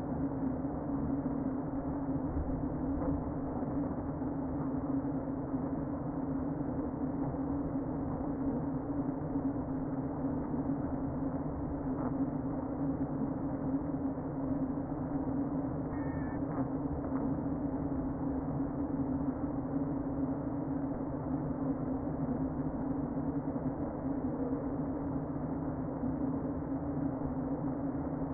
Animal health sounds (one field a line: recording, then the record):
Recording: honeybee colony, microphone inside the hive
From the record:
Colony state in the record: queen present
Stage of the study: before two queens were removed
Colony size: about 60,000 bees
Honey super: yes